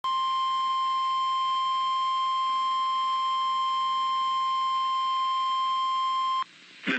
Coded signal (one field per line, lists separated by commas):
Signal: Emergency Alert System (SAME) tones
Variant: 1050 Hz attention tone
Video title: Severe Thunderstorm Warning [EAS #152]